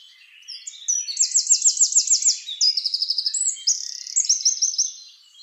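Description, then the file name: Eurasian wren song: a loud, very high, rapid run of trills and twitters lasting about four seconds, with quick shifts between trill types. "Troglodytes troglodytes"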